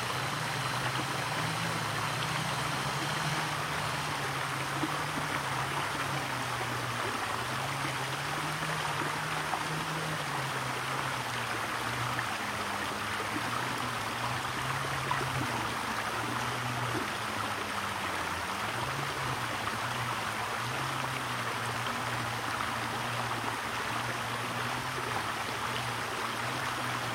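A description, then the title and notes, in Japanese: A small spring stream runs without pause, its water rushing and bubbling in a dense, steady wash that holds the same level throughout. Beneath the bright splashing sits a low, wavering hum that drifts slowly in pitch, possibly a vehicle or machinery. 春の小川。今回は特に奇を衒わず、ひたすら川の音です。増水するたびに少しづつ流れが変わってるんですが、川の水自体は通年ほぼ一定ですね。Mic: huawei nova lite 2。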